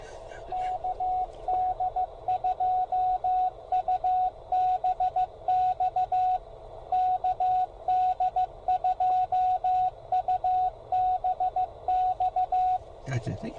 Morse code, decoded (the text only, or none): KD2UBX KD2UBX